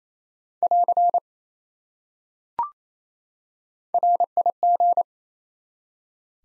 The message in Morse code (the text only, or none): <AR> RIG